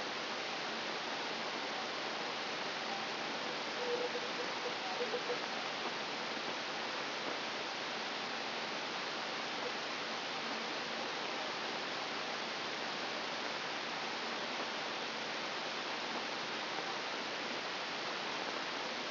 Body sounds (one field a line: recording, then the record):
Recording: brain microelectrode recording played as sound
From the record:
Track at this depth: inside the subthalamic nucleus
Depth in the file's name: 0.955 mm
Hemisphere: right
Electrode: 3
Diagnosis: Parkinson's disease